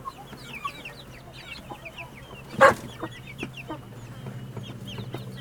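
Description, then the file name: Chickens clamouring: many chicks give rapid high peeps throughout, with one loud harsh burst midway, over a low steady hum. Hens and chicks together in a henhouse beside a road, producing a noisy clamour. "Galinheiro perto de estrada galinhas pintinhos vozerio"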